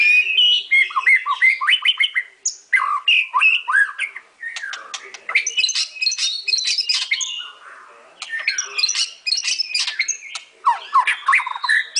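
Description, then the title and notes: White-rumped shama song: loud, varied bursts of whistles, chatters and clicks, delivered in rapid jumbled phrases with short gaps. Training song (masteran). "Murai Batu Album 01. Masteran Murai Batu"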